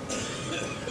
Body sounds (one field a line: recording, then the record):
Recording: coughing mixed with background sound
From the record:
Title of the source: Spring Cold Coughing.